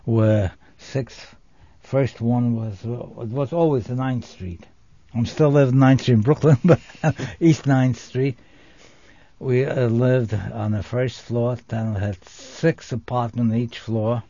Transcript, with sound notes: where six ----- first one was --- it was always 9th Street. I'm still living 9th Street in Brooklyn, [Laughs] East 9th Street. We lived on the first floor. Tenement had six apartments in each floor.